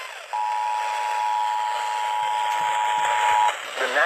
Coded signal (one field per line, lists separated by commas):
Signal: Emergency Alert System (SAME) tones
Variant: 853 and 960 Hz attention tone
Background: speech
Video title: EAS Alerts From 5/11-5/12/25: A Compilation (EAS 642-649)